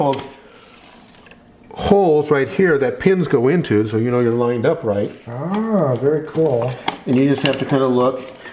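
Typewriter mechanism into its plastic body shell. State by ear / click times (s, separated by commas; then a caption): not seated / none. A Godrej Prima typewriter mechanism is handled over its plastic body shell, with pin holes there to guide it into line, while someone talks over quiet room sound and a few faint taps around 1.3 and 1.7 seconds. Nothing has seated or clicked yet; the mechanism has not dropped into place by the end of the clip.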